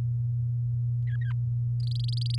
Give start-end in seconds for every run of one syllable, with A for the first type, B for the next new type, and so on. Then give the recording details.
1.80-2.39 A. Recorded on 9 May 2018 at 05:44. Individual llb16